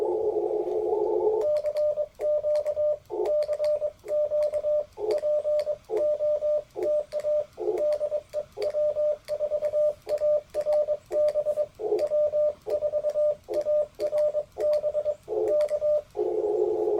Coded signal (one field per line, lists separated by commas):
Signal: Morse code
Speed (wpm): 23 wpm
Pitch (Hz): 600 Hz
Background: radio noise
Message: CQ CQ POTA DE W4ARB W4ARB K